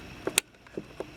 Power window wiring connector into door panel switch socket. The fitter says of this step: like that so you hear the click